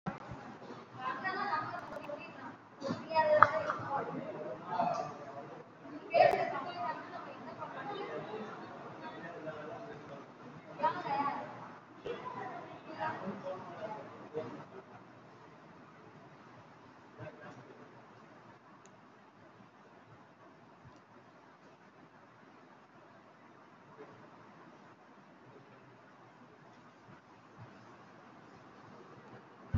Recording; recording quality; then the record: shallow breathing; excellent, no background noise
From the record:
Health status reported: COVID-19 positive, moderate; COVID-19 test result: positive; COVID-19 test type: RT-PCR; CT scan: taken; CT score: 5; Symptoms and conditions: cough, cold, breathing difficulty, sore throat, fatigue, muscle pain, loss of smell and taste, asthma, hypertension, diabetes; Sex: female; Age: 69 years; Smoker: no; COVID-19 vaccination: one dose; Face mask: worn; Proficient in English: yes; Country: India